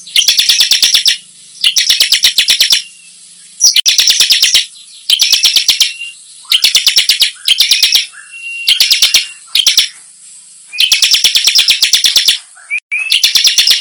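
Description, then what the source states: Bar-winged prinia song: rapid buzzy bursts of clicking notes about a second long, repeated with short pauses, occasionally with a thin whistled note between bursts. Singing actively in the "nembak" (shooting) song style.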